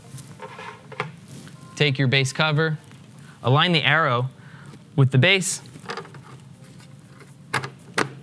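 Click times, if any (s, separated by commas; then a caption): 8.0 s. Someone talks while the plastic base cover of a Skye portable air purifier is aligned by its arrow with the purifier base, pushed in and rotated. Brief taps and knocks are heard between the words. The cover seats with a loud, fast-decaying click at 8.0 s as it twist-locks into the base.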